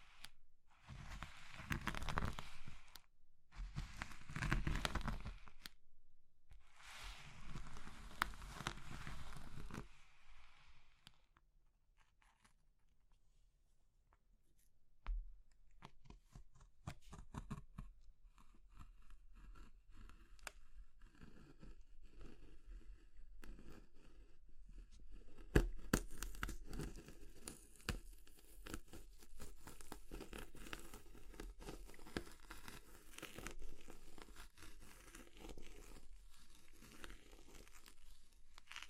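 Crushing sounds of brittle material like chalk or soap: several dense, crackly bursts of crumbling in the first ten seconds, then quieter scattered crunches and clicks. From about 25 seconds a steadier, grainy crinkling and crumbling continues to the end.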